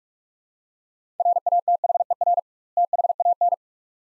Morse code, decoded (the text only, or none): RATHER THAN